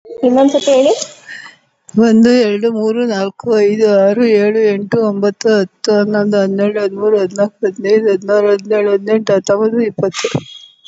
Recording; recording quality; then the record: counting at a fast pace; excellent, no background noise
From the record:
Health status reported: COVID-19 positive, moderate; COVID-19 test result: positive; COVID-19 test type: RT-PCR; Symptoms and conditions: cough, breathing difficulty, fatigue, asthma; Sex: female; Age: 60 years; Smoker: no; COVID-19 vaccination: both doses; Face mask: not worn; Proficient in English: yes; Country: India